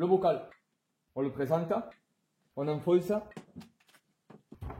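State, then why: Seated. On a Renault Mégane 3, the plastic brake fluid reservoir is lined up and pressed down into the rubber grommets of the new master cylinder while someone talks. A series of small plastic knocks follows, and the strongest comes last at 4.7 s as the reservoir seats fully home.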